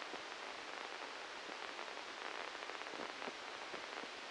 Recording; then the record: brain microelectrode recording played as sound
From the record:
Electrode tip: inside the subthalamic nucleus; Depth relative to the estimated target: 0 mm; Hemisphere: left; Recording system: NeuroSet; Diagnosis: Parkinson's disease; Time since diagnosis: 13 years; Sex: male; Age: 63 years